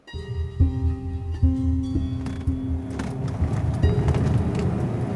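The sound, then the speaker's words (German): A car drives toward Weißer See with a steady low engine rumble and road noise, while the engine's tonal hum steps up in pitch several times as it accelerates and changes gear. “Wir fuhren Richtung Weißen See.”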